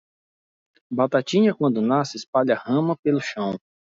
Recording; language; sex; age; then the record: short text; Brazilian Portuguese; male; 40 to 49 years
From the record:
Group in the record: control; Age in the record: 44 years